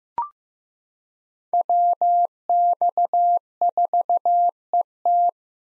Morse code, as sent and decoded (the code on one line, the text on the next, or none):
.-- -..- ....- . -
WX4ET